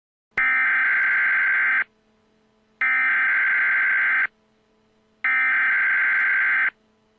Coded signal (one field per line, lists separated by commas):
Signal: Emergency Alert System (SAME) tones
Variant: header bursts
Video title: EAS in Movies: "Die Hard"